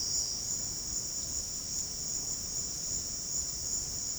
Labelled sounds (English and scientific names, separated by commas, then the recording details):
none
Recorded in dense forest near Puerto Asís, Putumayo, Colombia, on 20 February 2024 at 09:00
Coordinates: 0.485, -76.325
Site G6429